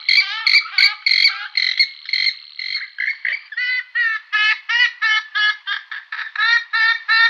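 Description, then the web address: Purple swamphen giving nasal, harmonic calls: several flat honking notes, then a fast run of short rising notes about three per second, steady and insistent. "Schulze Peter Purple Swamphen"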